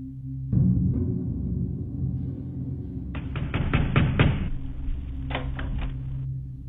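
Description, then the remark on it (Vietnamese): Banging on a door: a run of about seven heavy, evenly spaced thuds, then a shorter group of three or four, over a constant low rumble with no voices. “Âm thanh từng nhịp đều đều, không gấp, nhưng lại mang cho người ta một cảm giác ghê rợn.”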